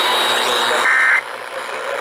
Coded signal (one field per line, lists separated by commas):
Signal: Emergency Alert System (SAME) tones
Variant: end-of-message bursts